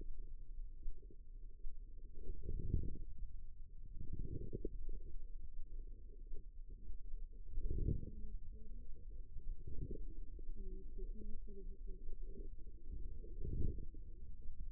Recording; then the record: forearm muscle sounds (acoustic myography)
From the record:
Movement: wrist flexion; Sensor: system 2, bracelet of six BSWA MPA416 microphones around the upper forearm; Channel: 3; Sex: female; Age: 25 years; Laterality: right